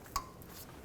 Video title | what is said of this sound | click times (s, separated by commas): How to Replace Rear Wheel Bearing 2005 -2010 Pontiac G6 | forget to plug in the abs wire make sure it clicks | 0.2 s